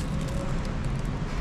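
A Harley-Davidson motorcycle's front LED light unit is handled carefully against its front light mount so its plastic retaining clips don't break. Only a steady, even broadband noise with a low rumble, like nearby vehicle or traffic noise, is heard, with no sudden sounds. Nothing has seated or clicked yet.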